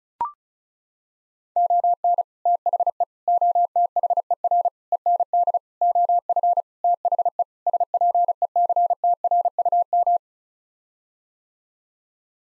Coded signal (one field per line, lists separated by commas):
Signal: Morse code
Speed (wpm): 34 wpm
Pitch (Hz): 700 Hz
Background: none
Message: ON THE OTHER END OF THE SPECTRUM